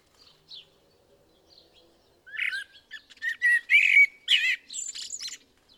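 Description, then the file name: Common blackbird singing a loud fluty warble that runs into scratchy, squeaky high notes, after a few faint soft notes at the start. "Turdus merula"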